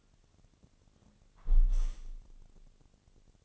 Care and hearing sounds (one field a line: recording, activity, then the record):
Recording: daily activity, microphone in the room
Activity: close window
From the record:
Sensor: 4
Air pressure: 1001.2 hPa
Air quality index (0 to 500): 173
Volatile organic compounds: 2 ppm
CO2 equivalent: 1235 ppm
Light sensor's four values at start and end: 12/28/11/12 and 12/28/11/12